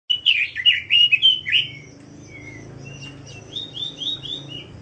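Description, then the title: Songbird song opening with a loud cluster of harsh chirps, then softer whistled slurs and a string of rising chirps. Bird song tutoring material. "Burung Masteran"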